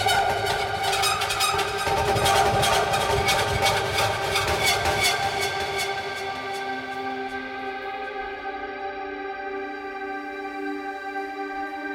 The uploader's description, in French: Frottements d'une grosse caisse renversée, nappes synthétiques et spacialisation sonore.